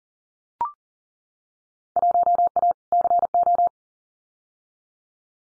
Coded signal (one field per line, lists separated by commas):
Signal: Morse code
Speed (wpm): 38 wpm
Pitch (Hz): 700 Hz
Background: none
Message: 1A CO